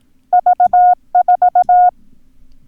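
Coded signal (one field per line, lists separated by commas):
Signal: Morse code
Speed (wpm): 18 wpm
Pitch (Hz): 720 Hz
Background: none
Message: V4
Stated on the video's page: Lesson drill of the numbers 2, 3, 4, 5, 7, 9 and 0.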